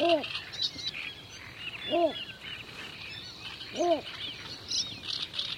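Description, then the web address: Bittern calls: three low, hollow hooting notes arriving about every two seconds, with a steady twittering of other small birds above. "animal-sound bittern-sound"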